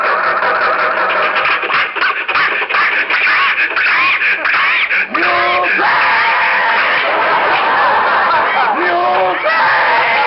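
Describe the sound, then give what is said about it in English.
An old car engine coughs and sputters in ragged, uneven bursts as the starter is pressed after a wire is fixed, sounding vocal, as if a person is imitating it with wheezes and rising whoops. Loud and continuous, on a muffled old recording. “Get the car started.”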